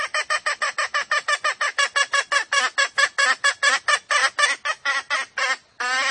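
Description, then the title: Junglefowl giving a quick run of many harsh, buzzy cackling notes, with a brief pause near the end. Female junglefowl; the call is used as a lure recording to attract birds. "Pancingan Ayam Hutan Betina. Suara Ayam Hutan Betina"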